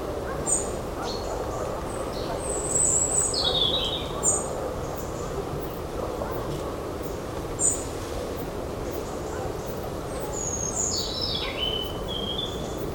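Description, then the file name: European robin song: scattered high, thin notes and descending warbled phrases spread throughout, set against continuous low-pitched background rumble. "Erithacus rubecula"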